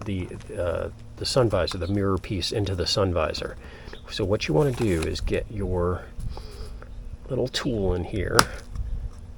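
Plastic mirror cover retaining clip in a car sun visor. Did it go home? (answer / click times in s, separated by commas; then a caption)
released / 8.8 s. Someone talks while a small pry tool is worked under the plastic mirror cover of a Porsche 996 or Boxster sun visor, which is held in by four retaining clips. At 8.8 s, a short, sharp pop is heard as one clip comes up out of the visor and is released.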